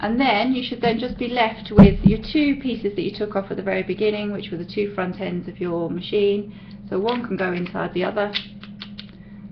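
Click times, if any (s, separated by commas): 9.0 s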